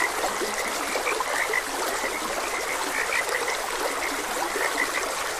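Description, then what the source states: Frogs give short chirping croaks at irregular intervals while water trickles continuously. Frogs croaking beside a gentle stream.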